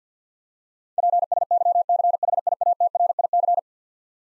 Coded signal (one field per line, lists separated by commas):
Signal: Morse code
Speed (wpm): 50 wpm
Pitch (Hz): 700 Hz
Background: none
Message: PSYCHIATRIC